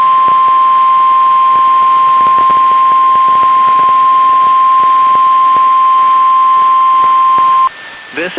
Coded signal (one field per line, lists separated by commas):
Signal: Emergency Alert System (SAME) tones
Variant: 1050 Hz attention tone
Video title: EAS #441-443: 3 NWR Required Weekly Tests- Dec. 2, 2020